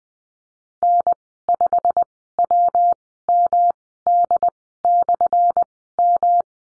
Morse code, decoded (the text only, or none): N5WMD/M